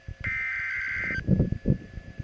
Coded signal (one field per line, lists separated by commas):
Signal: Emergency Alert System (SAME) tones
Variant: header bursts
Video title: Severe Thunderstorm Warning (EAS #284)